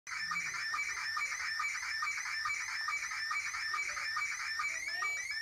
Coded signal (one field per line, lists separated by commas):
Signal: SSTV (slow-scan television)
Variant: Scottie 1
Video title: SSTV using Raspberry pi